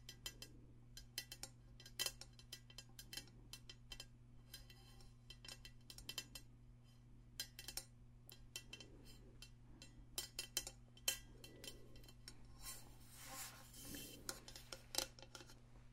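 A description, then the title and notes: Tapping sounds, light and crisp, come in quick clusters throughout, with sharp clicks and clinks like fingertips on glass or metal. A steady low hum runs underneath the whole time. Around fourteen seconds a denser, brighter rustling scrape briefly joins the taps. ASMR Extra Tingly Tapping No Talking.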